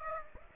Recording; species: mosquito wingbeat signal from an infrared sensor; Aedes aegypti